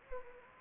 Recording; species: mosquito wingbeat signal from an infrared sensor; Anopheles gambiae